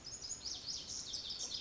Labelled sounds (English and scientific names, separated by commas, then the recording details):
Lazuli Bunting (Passerina amoena)
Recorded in Sonoma County, California